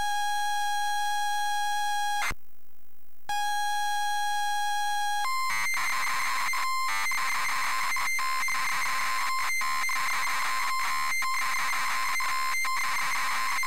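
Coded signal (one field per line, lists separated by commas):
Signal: ZX Spectrum tape loading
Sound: steady buzzing lead tone, a brief gap, more lead tone, then harsh warbling data screech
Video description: ZX Spectrum load up and quick game play of SpellBound 128k loaded up using a zx spectrum +3 with a wh smith cpd8300 cassette player.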